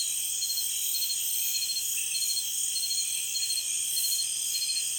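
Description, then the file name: Insect chorus of dense, steady high-pitched trilling bands, with short buzzy pulses repeating over the continuous drone. Chorus recorded in Peru. "Frog and insect chorus Peru"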